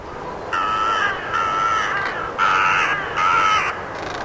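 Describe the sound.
Bird giving four flat, nasal caws, each about half a second long, spaced fairly evenly across a few seconds.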